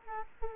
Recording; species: mosquito wingbeat signal from an infrared sensor; Culex quinquefasciatus